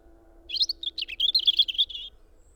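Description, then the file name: European robin singing a quick, tumbling run of sweet high twitters and trills lasting about one and a half seconds, over a faint low hum. "Erithacus rubecula"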